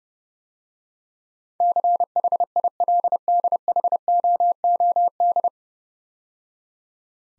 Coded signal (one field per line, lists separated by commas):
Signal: Morse code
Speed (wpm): 30 wpm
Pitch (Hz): 700 Hz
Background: none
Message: CHILDHOOD